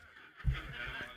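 A single low, harsh throat-clearing burst from an adult man who clears his throat often because of his asthma; after a cold his throat stays bad for about a month.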